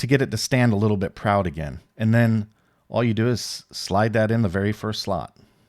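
A crimped wire pin is being handled for sliding into the first slot of the plastic balance connector housing of a 12S lead, while someone talks throughout. Nothing has seated or clicked yet.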